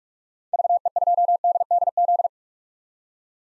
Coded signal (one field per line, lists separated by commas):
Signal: Morse code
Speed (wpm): 48 wpm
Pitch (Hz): 700 Hz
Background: none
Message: VE2DDZ